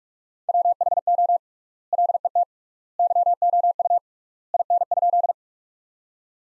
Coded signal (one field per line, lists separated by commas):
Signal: Morse code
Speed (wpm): 41 wpm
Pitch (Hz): 700 Hz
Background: none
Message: WHO LET YOU IN?